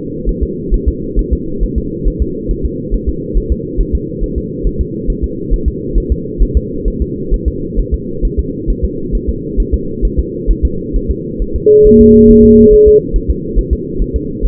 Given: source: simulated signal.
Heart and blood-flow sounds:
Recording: fetal heart sounds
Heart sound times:
0.29 s: S1
0.43 s: S2
0.74 s: S1
0.88 s: S2
1.19 s: S1
1.33 s: S2
1.63 s: S1
1.78 s: S2
2.07 s: S1
2.22 s: S2
2.51 s: S1
2.66 s: S2
2.94 s: S1
3.09 s: S2
3.38 s: S1
3.52 s: S2
3.80 s: S1
3.95 s: S2
4.24 s: S1
4.38 s: S2
4.67 s: S1
4.81 s: S2
5.10 s: S1
5.24 s: S2
5.53 s: S1
5.68 s: S2
5.98 s: S1
6.12 s: S2
6.42 s: S1
6.57 s: S2
6.88 s: S1
7.02 s: S2
7.34 s: S1
7.48 s: S2
7.80 s: S1
7.94 s: S2
8.25 s: S1
8.39 s: S2
8.70 s: S1
8.85 s: S2
9.15 s: S1
9.30 s: S2
9.60 s: S1
9.74 s: S2
10.05 s: S1
10.20 s: S2
10.51 s: S1
10.65 s: S2
10.96 s: S1
11.11 s: S2
11.42 s: S1
11.56 s: S2
11.87 s: S1
12.01 s: S2
12.31 s: S1
12.45 s: S2
12.73 s: S1
12.88 s: S2
13.16 s: S1
13.30 s: S2
13.59 s: S1
13.73 s: S2
14.02 s: S1
14.16 s: S2
14.45 s: S1
From the record:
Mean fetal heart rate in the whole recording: 135 bpm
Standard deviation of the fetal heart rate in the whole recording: 3 bpm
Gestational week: 36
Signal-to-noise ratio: -6.6 dB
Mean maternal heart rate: 72 bpm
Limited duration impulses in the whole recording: present

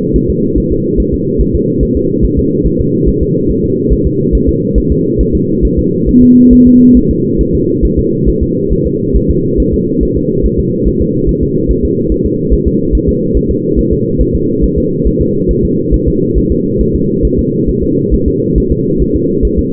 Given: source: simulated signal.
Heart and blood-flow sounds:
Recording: fetal heart sounds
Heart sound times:
0.16 s: S1
0.30 s: S2
0.58 s: S1
0.72 s: S2
1.00 s: S1
1.14 s: S2
1.41 s: S1
1.55 s: S2
1.83 s: S1
1.97 s: S2
2.25 s: S1
2.39 s: S2
2.66 s: S1
2.80 s: S2
3.08 s: S1
3.23 s: S2
3.50 s: S1
3.65 s: S2
3.92 s: S1
4.07 s: S2
4.35 s: S1
4.49 s: S2
4.78 s: S1
4.92 s: S2
5.21 s: S1
5.35 s: S2
5.65 s: S1
5.79 s: S2
6.09 s: S1
6.23 s: S2
6.53 s: S1
6.67 s: S2
6.97 s: S1
7.11 s: S2
7.41 s: S1
7.55 s: S2
7.85 s: S1
7.99 s: S2
8.29 s: S1
8.43 s: S2
8.73 s: S1
8.87 s: S2
9.16 s: S1
9.30 s: S2
9.60 s: S1
9.74 s: S2
10.03 s: S1
10.17 s: S2
10.45 s: S1
10.60 s: S2
10.88 s: S1
11.02 s: S2
11.29 s: S1
11.43 s: S2
11.71 s: S1
11.85 s: S2
12.12 s: S1
12.26 s: S2
12.53 s: S1
12.67 s: S2
12.95 s: S1
13.09 s: S2
13.37 s: S1
13.51 s: S2
13.79 s: S1
13.93 s: S2
14.21 s: S1
14.35 s: S2
14.64 s: S1
14.78 s: S2
15.07 s: S1
15.22 s: S2
15.51 s: S1
15.65 s: S2
15.94 s: S1
16.08 s: S2
16.38 s: S1
16.52 s: S2
16.81 s: S1
16.95 s: S2
17.25 s: S1
17.39 s: S2
17.69 s: S1
17.83 s: S2
18.14 s: S1
18.28 s: S2
18.58 s: S1
18.72 s: S2
19.02 s: S1
19.16 s: S2
19.45 s: S1
19.59 s: S2
From the record:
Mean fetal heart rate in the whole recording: 140 bpm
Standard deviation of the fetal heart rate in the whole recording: 2 bpm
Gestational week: 34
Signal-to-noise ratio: -11.2 dB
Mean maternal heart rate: 72 bpm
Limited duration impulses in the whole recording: present

